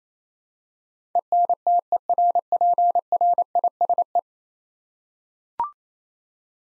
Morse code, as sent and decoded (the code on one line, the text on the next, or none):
. -. - . .-. .--. .-. .. ... .
ENTERPRISE